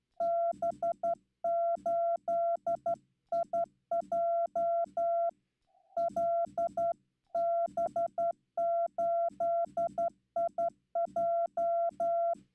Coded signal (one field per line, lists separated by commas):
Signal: Morse code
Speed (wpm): 12 wpm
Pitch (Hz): 680 Hz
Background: none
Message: B8IJ L B8IJ